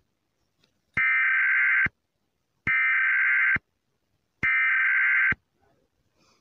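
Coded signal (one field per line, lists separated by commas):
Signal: Emergency Alert System (SAME) tones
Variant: header bursts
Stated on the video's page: Fictional EAS scenario for entertainment, simulated alert.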